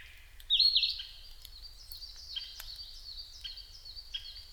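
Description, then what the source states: Narcissus flycatcher giving one loud, warbled whistle phrase, followed by softer repeated notes. Recorded 5 May 2008 at 07:22.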